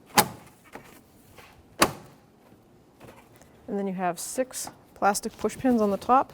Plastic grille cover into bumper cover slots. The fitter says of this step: you're gonna have to tilt the grill cover just to line right up and then you're going to push it until it clicks